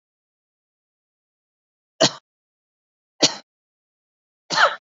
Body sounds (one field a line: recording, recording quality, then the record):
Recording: heavy voluntary cough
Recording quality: moderate, slight background noise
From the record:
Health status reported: COVID-19 positive, mild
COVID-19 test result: positive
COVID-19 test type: RT-PCR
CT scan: not taken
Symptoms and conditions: cough, cold, fever, hypertension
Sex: male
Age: 65 years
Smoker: no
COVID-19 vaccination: both doses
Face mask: worn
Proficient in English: no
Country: India